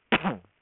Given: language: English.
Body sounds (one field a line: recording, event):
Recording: throat vibration sensor signal played as sound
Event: cough